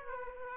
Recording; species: mosquito wingbeat signal from an infrared sensor; Aedes aegypti